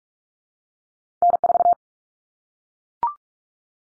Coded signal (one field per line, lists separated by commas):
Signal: Morse code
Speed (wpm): 44 wpm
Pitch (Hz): 700 Hz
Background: none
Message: N4